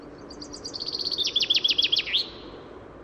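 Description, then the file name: Common chaffinch song: a rapid descending series of bright trilled notes that speeds into a lower run and ends in a short flourish, over quiet background hiss. "Fringilla coelebs"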